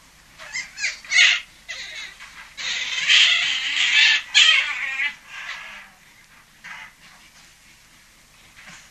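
European otter rasping squeals, short calls at first, then a long continuous squealing stretch, fading to faint chirps toward the end.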